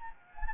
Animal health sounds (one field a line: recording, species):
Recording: mosquito wingbeat signal from an infrared sensor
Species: Anopheles arabiensis